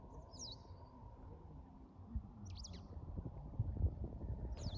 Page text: White Wagtail, Motacilla alba Observation time 27-Apr-2025 plkst. 19:01 Valkas novads Count 1 Status Singing male in breeding season